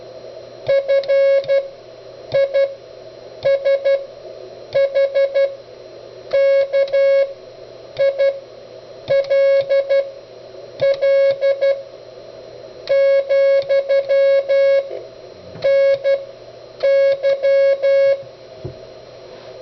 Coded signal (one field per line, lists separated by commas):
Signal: Morse code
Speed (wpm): 11 wpm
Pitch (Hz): 550 Hz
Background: none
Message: FISHKILL, NY